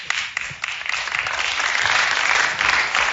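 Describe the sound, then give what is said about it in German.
A studio audience applauds steadily, a dense wash of many hands clapping at once with no pauses, sustained and fairly loud throughout. “Und vielen Dank auch an das Publikum im Studio von Hart aber Fair.”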